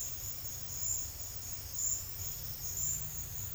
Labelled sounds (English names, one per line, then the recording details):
none
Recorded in secondary vegetation near Puerto Asís, Putumayo, Colombia, on 28 February 2025 at 11:00
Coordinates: 0.498, -76.327
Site G001